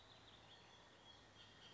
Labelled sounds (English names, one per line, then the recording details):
Bullock's Oriole
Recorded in Sonoma County, California